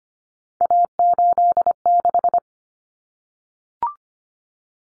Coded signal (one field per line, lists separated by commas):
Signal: Morse code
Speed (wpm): 25 wpm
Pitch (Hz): 700 Hz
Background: none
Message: A86